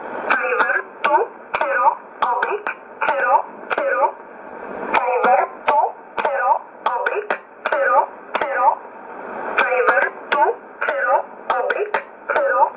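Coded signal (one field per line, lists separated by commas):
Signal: numbers station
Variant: E11 Oblique, English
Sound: a voice reading short, evenly spaced words, likely numbers, over band-limited radio static with crackles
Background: radio static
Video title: 31 01 2019 E11 Oblique Numbers station in English 1531 on 5082 unknown tx site in USB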